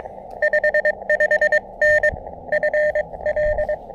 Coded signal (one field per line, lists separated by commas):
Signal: Morse code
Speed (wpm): 24 wpm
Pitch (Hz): 600 Hz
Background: radio noise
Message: 55N FL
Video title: Back in the Saddle Again! My first POTA activation in weeks!